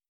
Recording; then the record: hydrophone in a shrimp aquaculture tank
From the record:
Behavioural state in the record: starved